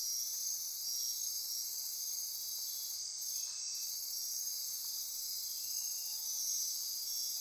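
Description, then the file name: Insect chorus: constant high, shimmering trills in several layers, with brief lower buzzy notes appearing now and then. Insect chorus at midnight near Corcovado. "Wind-is-the-Original-Radio-Fridays 20240628 Andy-Martin Midnight-Insect-Chorus-Near-Corcovado"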